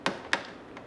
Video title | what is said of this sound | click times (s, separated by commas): How to fix CISS cartridge can't be recognized by the printer? | So you hear 4 clicks, they're snapped in. | 0.3 s